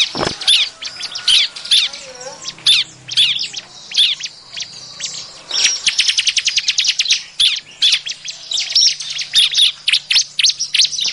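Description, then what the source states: Bar-winged prinia calls: dense, sharp high chirps and squeaky notes in rapid bursts, with fast trilled runs, continuing throughout with brief pauses. Noisy calls, used as a lure to attract birds.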